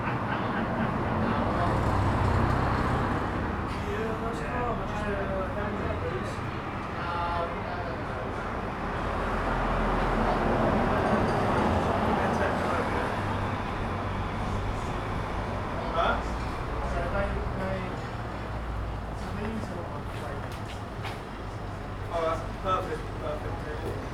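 A busy street outside a small bar, with many voices chattering at once and overlapping throughout. A low, steady rumble of passing vehicles runs underneath, and a few sharp clicks and knocks stand out near the middle.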